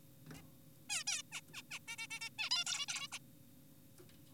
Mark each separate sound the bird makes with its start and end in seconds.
0.35-0.42, 0.90-1.04, 1.07-1.22, 1.32-1.41, 1.54-1.62, 1.71-1.79, 1.88-1.96, 1.98-2.07, 2.11-2.20, 2.21-2.30, 2.39-2.50, 2.51-2.64, 2.67-2.86, 2.88-3.08, 3.12-3.19